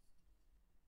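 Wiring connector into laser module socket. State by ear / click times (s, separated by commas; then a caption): not seated / none. A wiring connector is handled at the socket of an XTOOL diode laser module during reassembly after cleaning. Only soft, low handling noise and a faint rumble are heard, with no sharp hits. Nothing has seated or clicked yet.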